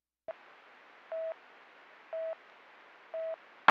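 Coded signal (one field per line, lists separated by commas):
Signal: none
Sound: police radio channel beeps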